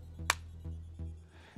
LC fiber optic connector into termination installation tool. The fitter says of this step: now you take this all the way down push it pretty hard until it clicks